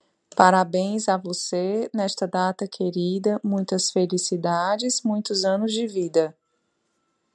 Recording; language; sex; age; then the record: short text; Brazilian Portuguese; female; 30 to 39 years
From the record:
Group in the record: control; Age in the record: 38 years